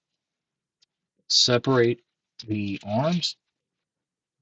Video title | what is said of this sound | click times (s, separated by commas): Transformers Cyber Series Battalion Optimus Prime and Megatron | you can bring the whole front section down revealing Megatron's head snap that into place | 0.8 s